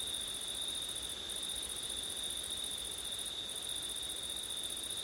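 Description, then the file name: Cricket: steady high trill with a second band higher up that breaks off briefly twice, over soft background hiss. Crickets singing on a September night, with wind. "crickets wind september night ortif"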